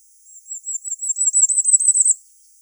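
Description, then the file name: Firecrest song: a needle-thin series of notes, starting soft and spaced, then accelerating and growing louder into a rising trill. "Korolek krasnogolovyj"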